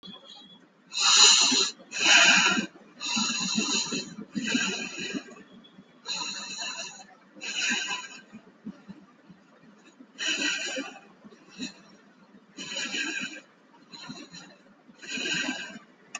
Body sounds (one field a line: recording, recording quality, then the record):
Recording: shallow breathing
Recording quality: excellent, no background noise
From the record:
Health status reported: exposed to COVID-19, no respiratory illness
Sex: male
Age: 44 years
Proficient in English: yes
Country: India